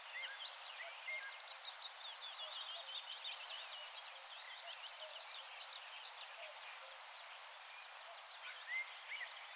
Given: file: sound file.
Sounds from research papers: Representative recording of black grouse hissing call from Finland.

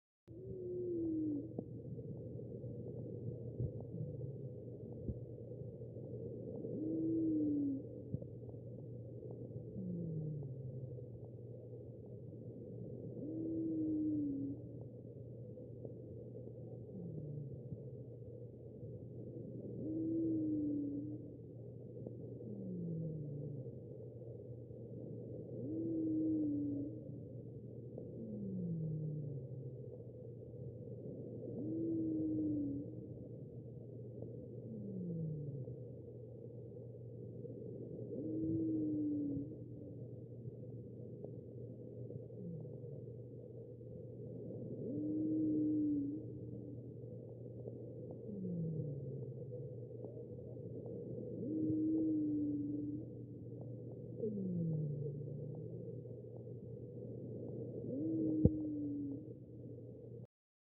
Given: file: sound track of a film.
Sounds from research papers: Digitally recorded lung sound. Wheezing recorded with Skeeper SM-300®.

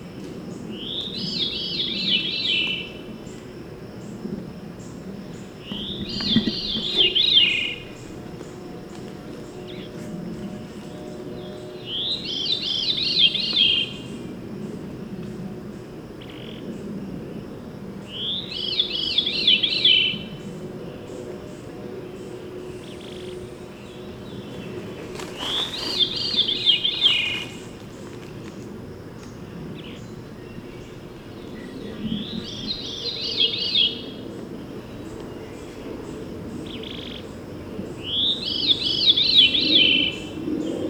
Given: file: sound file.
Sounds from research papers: Natural Recording of a Male Veery Producing Songs and Whisper Calls.

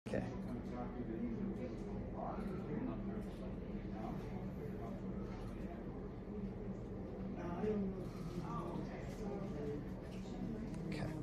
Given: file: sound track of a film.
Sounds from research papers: Patient undergoes active flexion and extension of the MCP joints in her right hand which produces an audible snapping of extensor digiti minimi.

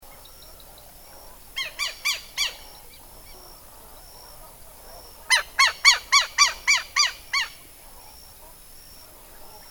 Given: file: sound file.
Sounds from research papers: Flight calls of Vanellus chilensis patrolling its inundated territory in the Fazenda Pouso Alegre area. Background (faint): a second Southern Lapwing, frogs, and insects. Recording station PPA001, 28 Apr. 2013, 17:38 h; unfiltered.

